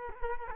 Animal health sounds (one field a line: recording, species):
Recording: mosquito wingbeat signal from an infrared sensor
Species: Culex quinquefasciatus